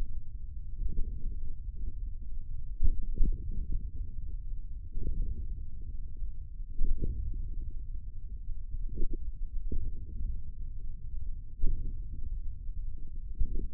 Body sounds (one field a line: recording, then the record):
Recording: forearm muscle sounds (acoustic myography)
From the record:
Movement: hand opening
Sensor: system 1, eight BSWA MPA416 microphones around the upper forearm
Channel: 5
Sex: male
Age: 54 years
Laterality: right